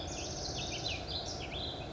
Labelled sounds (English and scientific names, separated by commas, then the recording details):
California Towhee (Melozone crissalis)
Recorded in Sonoma County, California